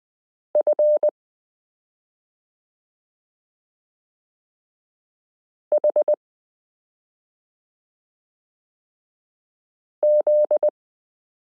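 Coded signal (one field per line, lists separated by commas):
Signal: Morse code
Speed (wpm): 20 wpm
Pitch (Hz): 600 Hz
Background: none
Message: F H Z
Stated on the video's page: Morse lesson 29 of a 72-part Koch-method variation series, introducing the 30th character, the number 8.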